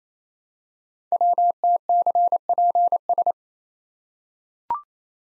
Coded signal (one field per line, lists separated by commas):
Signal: Morse code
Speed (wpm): 27 wpm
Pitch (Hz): 700 Hz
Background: none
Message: WTCPS